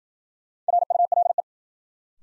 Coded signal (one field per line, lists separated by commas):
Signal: Morse code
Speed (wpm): 52 wpm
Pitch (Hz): 700 Hz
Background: none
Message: RULE